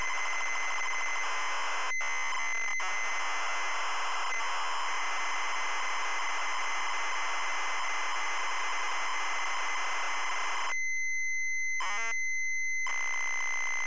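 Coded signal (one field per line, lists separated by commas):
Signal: ZX Spectrum tape loading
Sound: long harsh buzzing data screech, then a steady high tone with a short warbling burst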